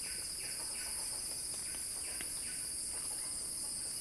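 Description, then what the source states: Cicada: an unbroken high drone with short sweeping buzzy notes repeating in quick succession. Cicada song building in a crescendo.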